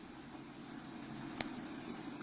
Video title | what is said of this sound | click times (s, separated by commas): Tech Tips 5 - Molex Extractor - Rochester Heating & Air Louisville Kentucky ... | you can actually put them back together and I don't know if you can you can hear it but I can actually hear it click | 1.4 s